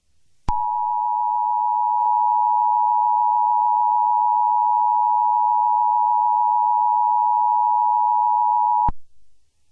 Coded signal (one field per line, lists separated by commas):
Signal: Emergency Alert System (SAME) tones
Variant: 853 and 960 Hz attention tone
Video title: EAS Scenerio - Sinkhole 2014